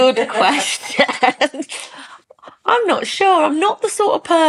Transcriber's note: laughs